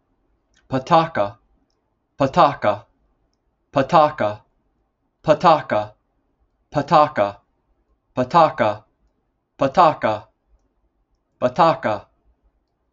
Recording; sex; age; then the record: repeated syllables /pa ta ka/; male; 40 to 49 years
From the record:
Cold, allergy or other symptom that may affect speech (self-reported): no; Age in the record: 41 years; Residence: Alabama, United States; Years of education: 17